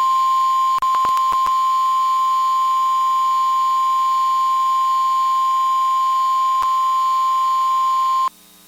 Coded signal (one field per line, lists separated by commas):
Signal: Emergency Alert System (SAME) tones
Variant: 1050 Hz attention tone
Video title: EAS TBD (RARE): Tornado Warning for Downtown Pittsburgh Over KIH35 - 03/11/26